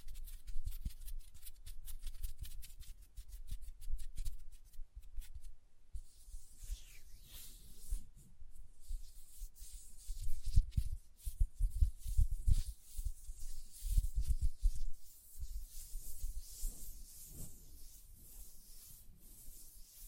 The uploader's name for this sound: ASMR Hand Sounds, Nail Tapping and Lotion Sounds